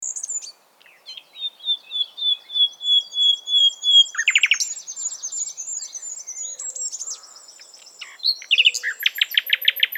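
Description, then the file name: Common nightingale song with a long run of level, swelling whistled notes repeated steadily, a high thin trill, then a fast loud rattle of repeated clicks. "Luscinia megarhynchos"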